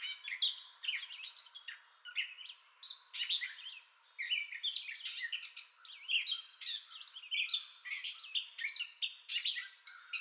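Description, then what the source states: Gray catbird singing a busy medley of scratchy, squeaky and whistled notes, phrases following one another almost without break. Entire song bout, 30 May 2021.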